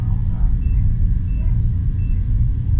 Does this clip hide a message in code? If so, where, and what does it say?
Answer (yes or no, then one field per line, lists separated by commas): no